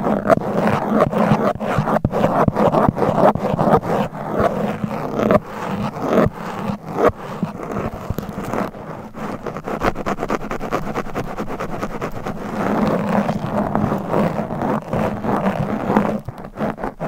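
Mic scratching runs without pause, a dense, rough rasp made of rapid, uneven strokes. A low rumbling layer sits underneath the brighter scraping grit. The loudness wavers but stays high throughout, easing slightly around the middle before building again toward the end.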